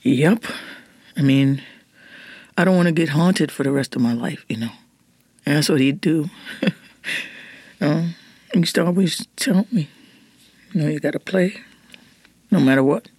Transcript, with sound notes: I mean, I don't want to get haunted for the rest of my life, you know? That's what he'd do (laughter). He used to always tell me, you know, you've got to play no matter what.